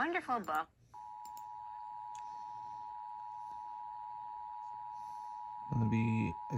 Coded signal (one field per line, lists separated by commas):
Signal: Emergency Alert System (SAME) tones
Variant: 853 and 960 Hz attention tone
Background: speech